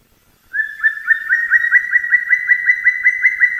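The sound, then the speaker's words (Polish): A black woodpecker's spring call in the Beskid Niski mountains, Poland: a loud, fast series of ringing, high-pitched notes, rising slightly in pitch and strengthening over about three seconds, with no voices over it. “To nie jest stuku-puku, tylko taki okrzyk wiosenny dzięcioła czarnego, który słyszałem w zeszłym tygodniu, bo byłem w górach w Beskidzie Niskim i one tam już dosyć są wiosenne.”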